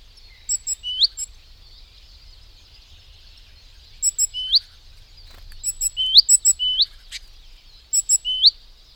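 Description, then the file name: Great tit calls: short groups of high thin ticks, each ending in a quick rising upslurred note, given in bursts every few seconds over a steady high background hiss. "Parus major"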